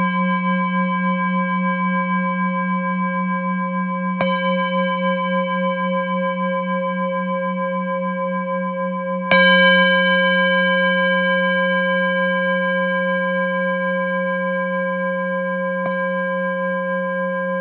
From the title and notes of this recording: The bowls are played in a specific sequence, creating a harmonious and meditative atmosphere that promotes deep relaxation and mental clarity. Sounds of Tibetan Singing Bowls.